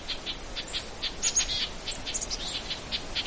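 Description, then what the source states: Red-breasted nuthatch giving many short calls in an irregular series, with high thin notes alongside. Calls like 'yeah, yeah, yeah'; free-ranging bird in late fall travelling with a small flock mainly of black-capped chickadees, in conifer country, not at a feeder.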